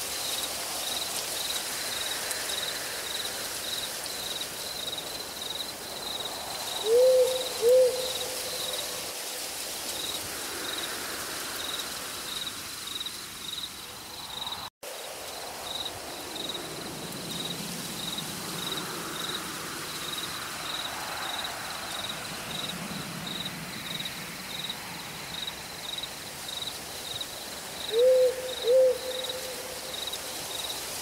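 A forest at night, with an owl hooting in pairs of short calls around seven seconds and again near twenty-eight seconds. A steady high pulsing of crickets runs throughout over a soft hiss of light rain and wind in the branches, with a brief dropout midway.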